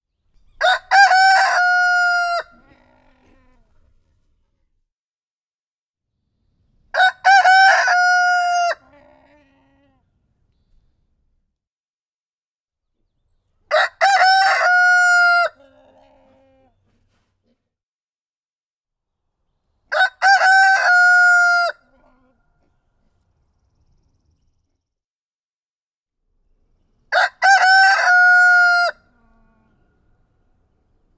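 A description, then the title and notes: A rooster crows five times, each call about two seconds long and spaced roughly six to seven seconds apart. The crows are loud and piercing, with a rising then sustained cry. Between them it is nearly silent apart from faint clucks. Trogdor the Rooster, crowing. After every crow roosters make this sound like they're either aggravated at having to crow or distressed at the effort it took. Recorder: SD702 Sennheiser MKH8060.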